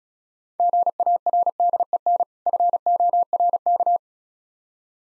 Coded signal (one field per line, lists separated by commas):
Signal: Morse code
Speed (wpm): 36 wpm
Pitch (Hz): 700 Hz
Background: none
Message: GARDEN FORK